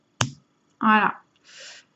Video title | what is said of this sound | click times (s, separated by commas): Taifun GT de Smokerstore | Le petit clic, ça veut dire qu'il est descendu, il est embuté. | 0.2 s